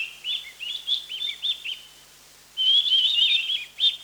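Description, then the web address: Mountain wren-babbler calling with high, quick chirping notes in short bursts, then a longer run of rapid warbled notes near the end. Recorded 1 March 2008. "KNPHQ. mountain wren-babbler"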